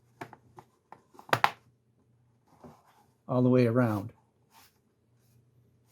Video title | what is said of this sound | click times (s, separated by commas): HP 15-bw011dx Disassembly--Hidden Screws | and you can hear them all snap into place | 0.2 s, 0.6 s, 0.9 s, 1.2 s, 1.3 s, 1.4 s